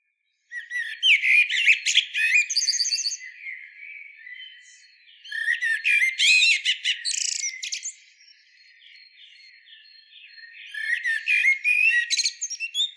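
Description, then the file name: Eurasian blackbird with three separate bouts of rapid, squeaky twittering and thin whistles, each lasting a few seconds, with quiet gaps between. "Turdus merula"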